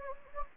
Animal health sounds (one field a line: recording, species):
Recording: mosquito wingbeat signal from an infrared sensor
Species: Anopheles gambiae